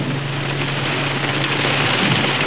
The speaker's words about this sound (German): Dieses Wetter. Ich befürchte, meine Frisur hat gelitten. Dieser Regen ist für die Haare immer eine Zumutung. Und für die Stimme ist er auch nicht förderlich.